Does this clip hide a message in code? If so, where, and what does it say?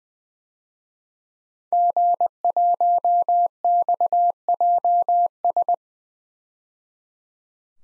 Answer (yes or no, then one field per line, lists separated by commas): yes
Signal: Morse code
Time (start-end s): 1.7-5.7 s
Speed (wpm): 20 wpm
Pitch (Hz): 700 Hz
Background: none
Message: G1XJS